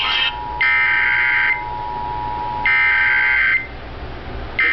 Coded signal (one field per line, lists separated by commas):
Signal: Emergency Alert System (SAME) tones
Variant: header bursts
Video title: NATIONAL EAS test